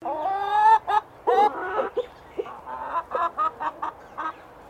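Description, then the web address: Chicken clucking: an opening drawn-out squawk, then a quick, irregular run of short clucks over a steady low background hum. "Sound Effects-Foundation 1 BIRD CHICKEN BEREL CLUCKING"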